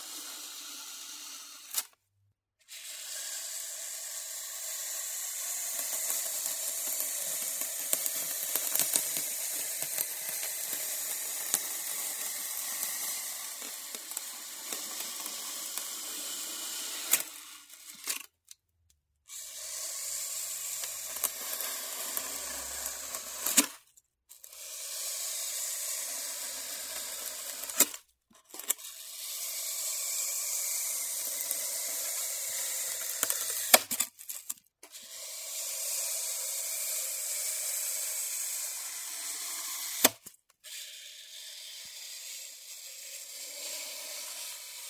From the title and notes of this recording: 切保麗龍｜Cutting Styrofoam.